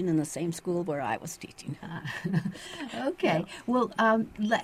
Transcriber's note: chuckles